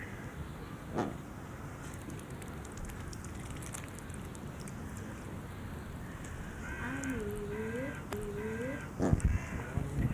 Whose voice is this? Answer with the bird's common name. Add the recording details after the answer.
Coscoroba Swan. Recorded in captivity. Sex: pair. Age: adult. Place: Zoo Berlin, Berlin, DE. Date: 2004-12-30 15:25. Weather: cloudy, 2°C. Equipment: Sony WM-D6C, Sennheiser ME 80, Kopie Uher 4000 Report Monitor. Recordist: Tembrock, Günter. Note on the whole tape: Paar: Kurzlaute